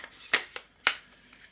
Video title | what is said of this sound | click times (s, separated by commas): Sigma 35mm f/1.4 For SONY E Mount UNBOXING & FIRST Impressions | click on there all feels really well built she's | 0.9 s